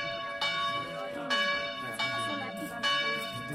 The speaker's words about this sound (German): Er hat seine Hand schon an dem Seil. Da ertönt die Glocke, weil, ehe die Köchin sich's versieht, fest er an der Kordel zieht.